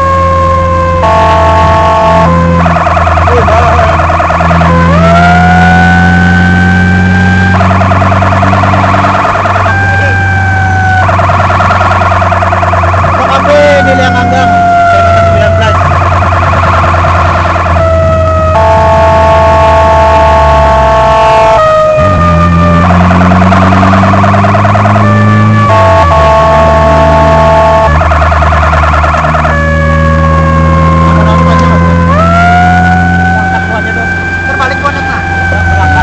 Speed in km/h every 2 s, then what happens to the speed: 63, 61, 63, 67, 71, 68, 66, 66, 63, 58, 40, 49, 56, 58, 56, 61, 64, 63.
3-7 speeds up to 71. 7-14 steady at about 66. 14-20 brakes to 40. 21-32 speeds up to 64.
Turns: none.